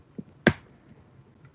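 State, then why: Seated. Two large sections of a plastic brick Saturn V rocket model are pressed together and joined to the rocket core. After a faint tick at 0.2 s, a sharp, bright snap at 0.5 s confirms the sections are seated, and a soft tick follows near 1.5 s.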